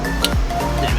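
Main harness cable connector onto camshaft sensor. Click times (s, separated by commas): 0.2 s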